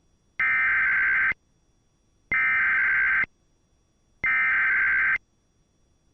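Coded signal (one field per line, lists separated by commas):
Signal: Emergency Alert System (SAME) tones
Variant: header bursts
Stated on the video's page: Shelter-in-place warning for McKenzie County, North Dakota.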